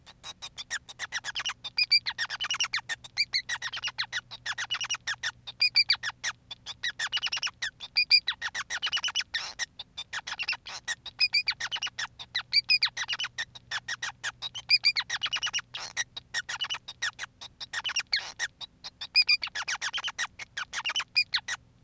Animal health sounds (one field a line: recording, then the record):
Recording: song of a male Bengalese finch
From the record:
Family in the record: son of father 5